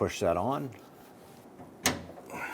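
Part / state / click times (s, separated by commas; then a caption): high pressure fuel line connector onto fuel tank metal port / seated / 1.9 s. Someone talks as the high pressure fuel line quick-connect fitting on a 1994–2004 Ford Mustang is pushed onto the metal port on the fuel tank. After a quiet stretch, one sharp, loud click at 1.9 s marks the connector snapping into place, and it is seated.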